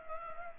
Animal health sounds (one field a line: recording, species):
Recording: mosquito wingbeat signal from an infrared sensor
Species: Culex pipiens